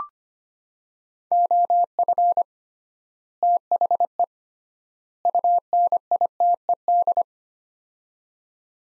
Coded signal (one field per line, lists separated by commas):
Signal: Morse code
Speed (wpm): 25 wpm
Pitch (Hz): 700 Hz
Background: none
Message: OF THE UNITED